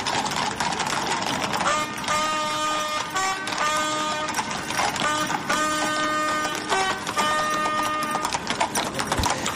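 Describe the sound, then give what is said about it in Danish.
Carriage horses' hooves clatter steadily over the cobblestones of Amalienborg Palace Square, a dense, continuous clopping of several animals at once, with a bright ringing, metallic jingle running through it at a fairly constant loudness, as the carriage brings Carla Sands from the residence to the Queen's palace. “Det er simpelthen hestene hen over brostenene på Amalienborg Slotsplads.”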